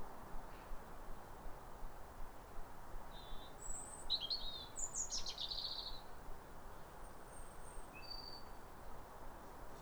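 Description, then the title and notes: European robin song, a short run of high, thin trilling and warbling notes in one phrase, then faint scattered notes, with steady low rumble beneath. Pair of robins in neighbouring gardens singing a duet at a clear, calm, rosy New Year sunrise in winter, after weeks of rain; recorded by Fergus Collins. "Sound Escape 150: Be uplifted by a chorus of New Year's robins. A pair of robins in neighbouring gardens welcome the early sun with wistful phrases. BBC Countryfile Magazine. Recorded by Fergus Collins"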